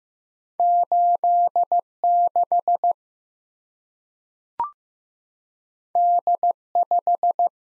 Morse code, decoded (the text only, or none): 86 D5